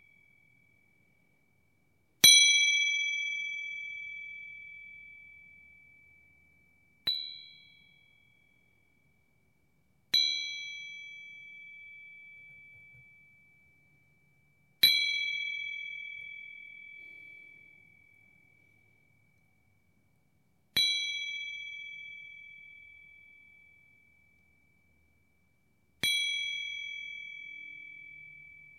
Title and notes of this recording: Zen Garden Serenity: Wind Chimes and Nature Sounds. The delicate chimes harmonize with the rustling leaves and singing birds